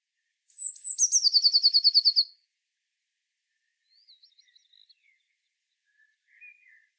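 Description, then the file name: Eurasian blue tit gives one phrase of thin, high opening notes running into a quick, steady trill, followed by a few faint, soft twittering notes. "Cyanistes caeruleus"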